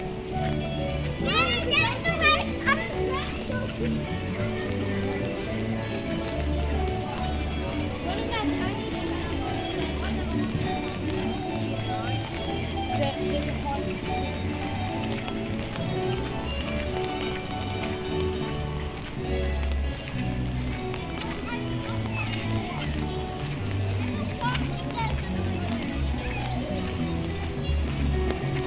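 A walk through Animal Kingdom park in Walt Disney World, with a constant crowd of voices talking over one another, including children. The mix stays dense and steady for the whole stretch, with low rumbling underneath and occasional brighter calls and shouts rising above the chatter.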